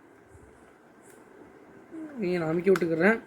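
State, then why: Not seated. A RAM module sits in a laptop memory slot, lined up with the key notch before being pressed down. There is quiet low hum for the first two seconds, then someone talks from about 1.9 s to the end. No click is heard, and the module has not seated or clicked yet.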